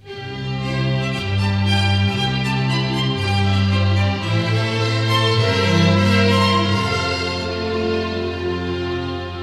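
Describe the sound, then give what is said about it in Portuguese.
A string quartet plays the lyrical theme representing the character Pedro in a fable told by orchestral instruments, sustained bowed notes moving in steady phrases over a warm low line, fairly loud and continuous with no voices. “Por exemplo, toda vez que Pedro entrar em cena, vocês ouvirão um quarteto de cordas tocando qualquer coisa assim.”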